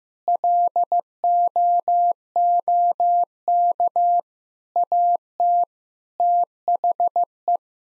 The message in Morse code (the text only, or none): LOOK AT THE